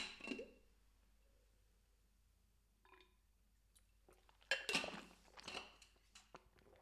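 A glass clinks a few times amid soft handling noises as someone takes a drink of water, with a brief bright tap early on and a louder cluster of clinks and rustles toward the end, no talking.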